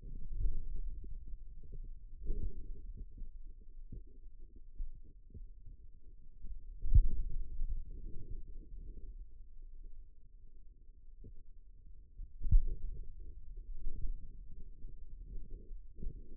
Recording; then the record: forearm muscle sounds (acoustic myography)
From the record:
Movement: pen grasping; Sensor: system 2, bracelet of six BSWA MPA416 microphones around the upper forearm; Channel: 4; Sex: male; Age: 22 years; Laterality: right